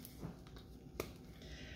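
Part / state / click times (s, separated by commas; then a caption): figure head onto neck joint peg / seated / 1.0 s. The removable head of a 1/6 scale plastic action figure of the Mighty Morphin Pink Ranger, made by ThreeZero, is pressed back onto its neck joint peg. A few faint taps come first, then a sharp pop at 1.0 s as the head seats on the peg.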